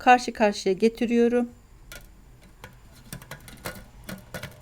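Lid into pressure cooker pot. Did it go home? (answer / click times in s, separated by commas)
yes / 4.3 s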